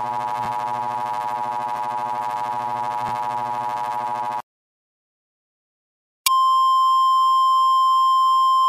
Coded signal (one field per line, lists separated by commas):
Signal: Emergency Alert System (SAME) tones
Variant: 853 and 960 Hz attention tone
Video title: [13+, VALID EAS TONES] Darren Loses His Braincells: An EAS Meme Scenario